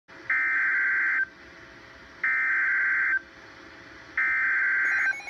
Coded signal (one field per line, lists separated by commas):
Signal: Emergency Alert System (SAME) tones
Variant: header bursts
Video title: MA Required Monthly Test (10/2/18)